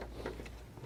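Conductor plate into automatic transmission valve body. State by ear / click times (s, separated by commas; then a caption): not seated / none. A new ZF conductor plate for a Dodge Charger automatic transmission is handled and slid down onto the transmission valve body, heard as soft low rumbling handling noise with a sharp tap near 0.9 s. Nothing has seated or clicked yet; the plate is not yet locked into place.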